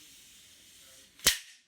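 A telescopic surveying staff is pulled out to full length, and its section latch locks with a loud, sharp click at 1.3 seconds, following a softer rise just before. The click rings briefly and then fades, leaving the staff seated at full extension.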